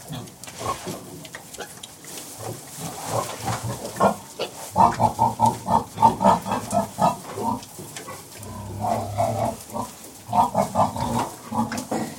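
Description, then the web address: Several pigs grunt and snort almost continuously, with a busy run of rapid grunts in the middle. Several pigs inside pens; general atmosphere with lots of snorting, squealing and grunting. "Sound Effects-BBC Pigs. pens interior general atmosphere with lots of snorting squealing and grunting"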